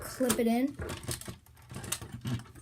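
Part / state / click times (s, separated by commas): model car steering wheel into clip inside the door / seated / 1.9 s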